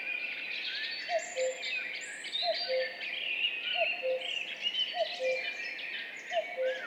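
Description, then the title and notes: Common cuckoo repeating a steady falling two-note cu-coo about every 1.3 seconds, five calls in all, with a dense dawn chorus of small birds singing above. Duet of two common cuckoos, spring dawn at 5:20, 14 May 2019, Piste aux espagnols, Val Maravel; stereo recording with Mixpre3 recorder and MKH8020 microphones. "Duo de coucou. 14 mai 2019-Piste aux espagnols - Val Maravel - 5h20-Mixpr3-mkh8020-stereo. Ici, un mémorable duo de deux coucous gris"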